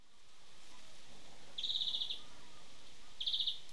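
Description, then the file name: European greenfinch giving two short bursts of rapid ticking, trilled notes over steady background hiss. "Chloris chloris"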